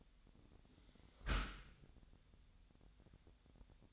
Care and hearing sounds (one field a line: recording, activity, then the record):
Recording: daily activity, microphone in the room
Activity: close dishwasher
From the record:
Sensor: 3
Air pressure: 1006.7 hPa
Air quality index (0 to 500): 208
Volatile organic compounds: 19 ppm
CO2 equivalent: 2653 ppm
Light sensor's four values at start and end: 10/24/10/10 and 10/24/10/10